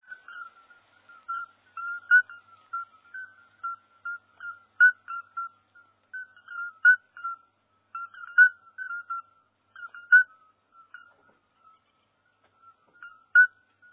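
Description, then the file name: Chorus of toads, steady stream of short piping notes at similar pitch, several callers overlapping with louder pips standing out irregularly. "crapaud"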